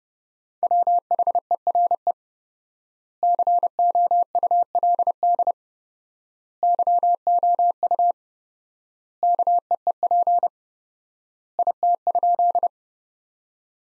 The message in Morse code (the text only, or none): WHERE COULD YOU KEEP IT?